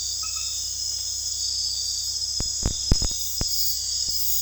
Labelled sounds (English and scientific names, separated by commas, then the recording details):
none
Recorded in dense forest near Puerto Asís, Putumayo, Colombia, on 19 February 2024 at 01:00
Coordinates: 0.485, -76.322
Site G6406